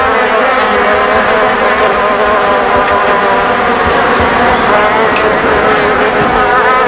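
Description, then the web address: Fly buzz, a rough, unbroken droning hum holding steady throughout. "Key Multimedia Greetings Soft Key 1997. flies"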